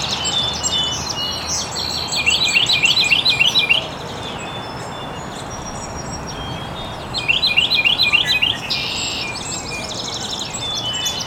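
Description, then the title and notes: Birds chirping, two loud bouts of fast repeated high trills separated by quieter scattered twitters, over steady background hiss. Birds chirping very early in the morning in an estuary. "Birds Chirping in the Early Morning. Original sounds of birds chirping very early in the morning in an estuary"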